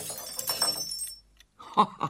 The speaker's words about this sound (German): Ah, da schau ja noch ein Glas kaputt. Zwar kein ganz neuer Einfall von Ihrem Pumuckl, aber ich ersetze auch das.